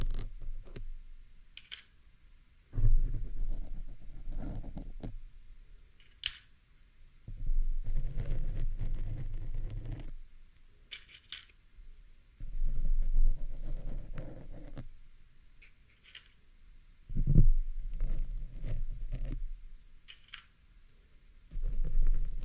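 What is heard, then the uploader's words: Plucking a pin from a microphone: bursts of low rumbling handling noise and scraping recur every few seconds, with sharp ticks and quiet pauses between. ASMR MIC PULLING, PIN EXTRACTION, ASMR PIN REMOVAL, PLUCKING PIN FROM MICROPHONE, PINS ASMR, PINS.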